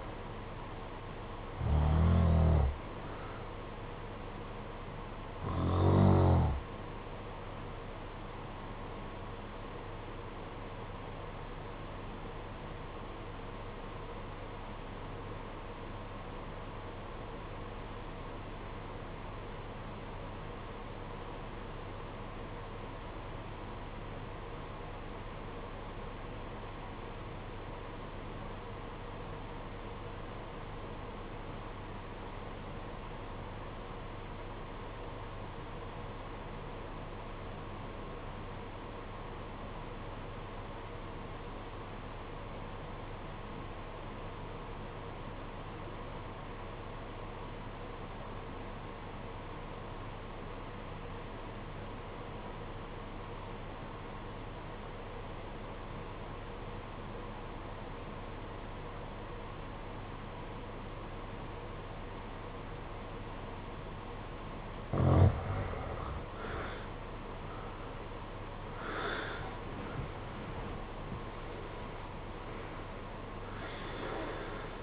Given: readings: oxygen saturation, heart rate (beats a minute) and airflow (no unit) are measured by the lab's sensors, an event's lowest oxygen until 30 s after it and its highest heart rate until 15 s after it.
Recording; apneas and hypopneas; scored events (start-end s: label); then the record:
breathing in sleep by a voice recorder at the bedside; 1
8.00-66.20 s: obstructive apnea (REM, oxygen 96% highest, then 70% lowest, heart rate 53 at the start, 89 highest)
From the record:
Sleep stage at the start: REM sleep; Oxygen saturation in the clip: 74 to 96%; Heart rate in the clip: 51 to 89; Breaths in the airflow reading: 6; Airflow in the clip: -14.7 to 14.3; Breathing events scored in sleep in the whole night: 476 in 9.7 hours asleep